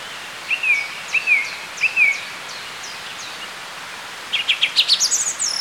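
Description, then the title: Song Thrush song: a downslurred whistled phrase given three times, then a quick, rising series of rapid chattering notes, with soft hiss behind. "Sylvain Jaskowiak - Mes piafs. Grive musicienne"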